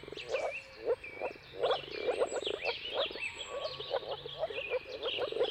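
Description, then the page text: Moor frogs giving short hollow bubbling calls in irregular bursts, with birds whistling and trilling above them. Many moor frogs in a mating chorus at sunrise, at the turn of March and April depending on the weather. "Jakub-Orzecki moor frogs. Depending on the weather at the turn of March and April, you can witness an amazing spectacle of moor frogs"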